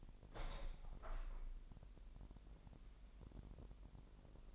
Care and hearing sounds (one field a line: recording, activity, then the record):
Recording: daily activity, microphone in the room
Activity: open window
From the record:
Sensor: 5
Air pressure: 1000.4 hPa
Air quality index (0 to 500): 249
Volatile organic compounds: 35 ppm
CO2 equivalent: 3064 ppm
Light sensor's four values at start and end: 34/78/31/29 and 34/78/31/29